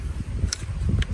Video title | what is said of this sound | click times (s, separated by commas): Caliber Conversion in the MDRX, 6.5Creedmoor to 300 blackout | see how I curled that in there, push it until it snaps | 0.5 s